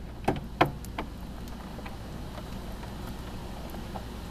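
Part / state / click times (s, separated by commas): height-adjustment latch of a sit-stand desk converter / not seated / none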